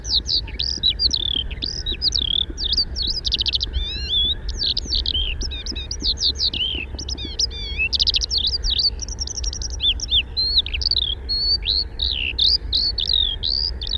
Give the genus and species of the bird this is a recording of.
Alauda arvensis